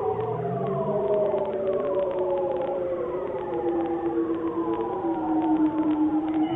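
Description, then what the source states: Bearded seal glissando: several overlapping tonal sweeps that descend slowly and steadily, eerie and siren-like, with faint low tones at the start. Male bearded seals recorded underwater with a special microphone; low-frequency glissando calls used to communicate over huge distances; likened to science-fiction or UFO-landing sounds.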